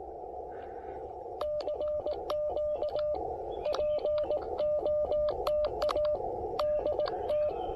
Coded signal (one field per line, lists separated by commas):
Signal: Morse code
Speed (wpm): 19 wpm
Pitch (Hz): 600 Hz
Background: radio noise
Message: CQ POTA DT